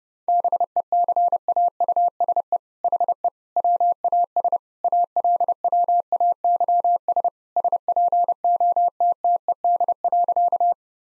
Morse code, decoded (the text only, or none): BECAUSE HE WAS ALWAYS SPOTTED.